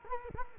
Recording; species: mosquito wingbeat signal from an infrared sensor; Culex quinquefasciatus